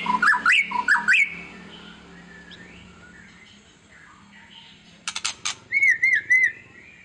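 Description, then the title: White-rumped shama song: rising whistled notes in pairs, a quiet gap, then sharp harsh bursts and a few rolling whistled notes. Used as a lure to make other birds respond; described as an actively singing ('gacor') bird. "PANCINGAN MEWAH MURAI BATU GACOR, SEKALI DENGAR AMPUH LANGSUNG RESPON"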